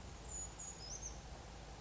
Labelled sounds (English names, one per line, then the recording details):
Brown Creeper
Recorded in Sonoma County, California